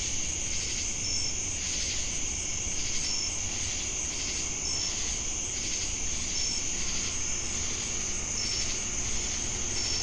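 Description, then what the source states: Cricket trilling, high and steady, with short clear chirps recurring every couple of seconds, rhythmic swells of buzzing insects, and a low background rumble. Crickets with cicadas, Jamestown, North Carolina, USA, 10 August 2018.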